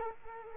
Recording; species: mosquito wingbeat signal from an infrared sensor; Culex quinquefasciatus